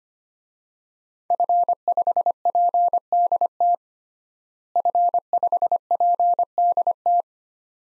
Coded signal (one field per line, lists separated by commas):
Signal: Morse code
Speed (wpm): 25 wpm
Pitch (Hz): 700 Hz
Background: none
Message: F5PDT F5PDT